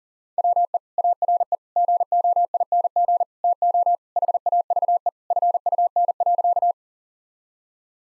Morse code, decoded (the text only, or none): WE ARE GOING TO HAVE FUN.